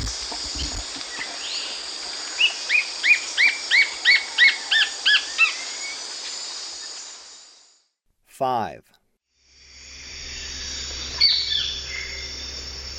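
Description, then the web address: White-flanked antwren giving a series of about ten high, evenly repeated chirps, then fading out. Eastern lowlands of South America. "Natures Songs S America Eastern Lowlands. White-flanked Antwren"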